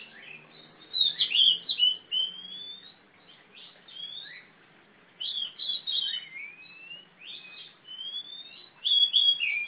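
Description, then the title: Oriental magpie-robin with a sequence of ringing whistles, many sliding downward or upward, delivered in clustered phrases with pauses between. Female competition bird of the poci type, black, a national first-place champion from East Java, described as a fighting bird that sings constantly (gacor). "Kacer Juara 1 Nasional gacor kacer juara nasional jawa timur kacer tarung betina poci gacor hitam"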